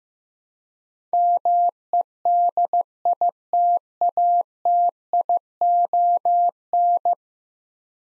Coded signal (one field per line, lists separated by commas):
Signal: Morse code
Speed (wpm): 15 wpm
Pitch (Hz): 700 Hz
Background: none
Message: MEDITATION